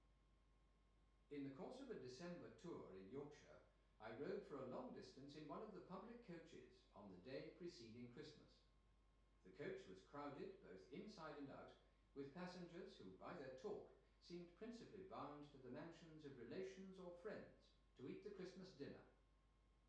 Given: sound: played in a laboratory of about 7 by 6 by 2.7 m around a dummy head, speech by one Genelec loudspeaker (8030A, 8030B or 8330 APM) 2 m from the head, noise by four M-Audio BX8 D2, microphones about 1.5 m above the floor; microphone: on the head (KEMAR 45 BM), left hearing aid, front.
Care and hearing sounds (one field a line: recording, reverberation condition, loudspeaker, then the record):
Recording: male speech in English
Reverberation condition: medium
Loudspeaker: 60 degrees to the right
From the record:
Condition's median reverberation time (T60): about 510 ms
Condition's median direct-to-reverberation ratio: about -0.5 dB